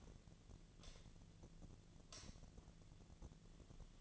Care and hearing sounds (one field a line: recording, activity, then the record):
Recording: daily activity, microphone in the room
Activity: light on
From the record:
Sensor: 4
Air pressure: 1010.7 hPa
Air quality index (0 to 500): 171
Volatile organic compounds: 5 ppm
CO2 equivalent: 1743 ppm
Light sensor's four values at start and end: 37/108/43/44 and 38/109/43/44